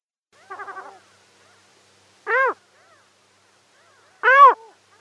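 Hohotunja calls: a brief quavering burst, then two loud, arched harmonic yelps spaced about two seconds apart, with silence between.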